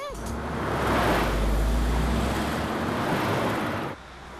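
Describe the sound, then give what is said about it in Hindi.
A car engine revs and pulls away as a traffic signal turns green, amid a steady wash of traffic noise, the low rumble swelling and then easing off before cutting out abruptly near the end. “अरे देखो, signal green हो गया, गाड़ी बढ़ाओ जल्दी।”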